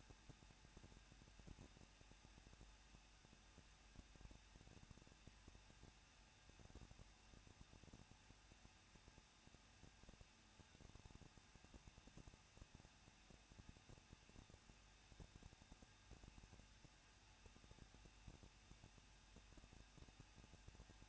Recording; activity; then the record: daily activity, microphone in the room; no activity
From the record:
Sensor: 2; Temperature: 21.0 degrees Celsius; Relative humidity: 37.4%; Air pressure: 1006.2 hPa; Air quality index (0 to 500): 221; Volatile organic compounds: 24 ppm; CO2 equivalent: 2801 ppm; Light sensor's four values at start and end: 2/3/2/2 and 2/3/2/2